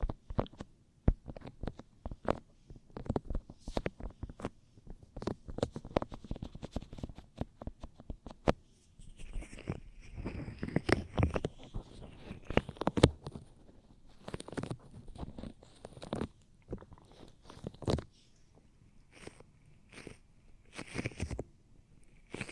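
Ear cleaning sounds: a quick run of sharp clicks and crackles fills the first eight seconds. After that the clicks spread out over a softer rustling and scraping with faint squeaks, coming in irregular bursts with short gaps until the end.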